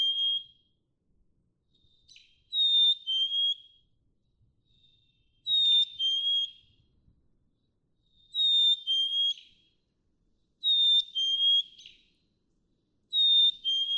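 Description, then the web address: Black-capped chickadee song, a pure descending two-note whistle repeated several times at intervals of under three seconds, with faint soft notes between. "birdsongforthecurious Black-capped Chickadee"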